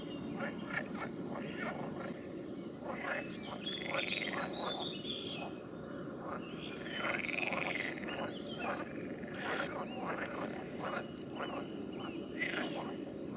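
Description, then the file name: Frog chorus of rapid, clucking croaks repeated in quick runs. "Nature Recordings - Frogs"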